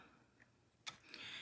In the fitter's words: and you're going to lay it right in there you're going to feel it kind of snap into place